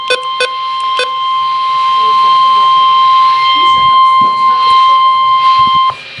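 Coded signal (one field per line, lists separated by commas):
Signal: Emergency Alert System (SAME) tones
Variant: 1050 Hz attention tone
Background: speech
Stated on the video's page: NOAA Weather Radio Severe Thunderstorm Warning for the uploader's county.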